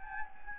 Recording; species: mosquito wingbeat signal from an infrared sensor; Anopheles gambiae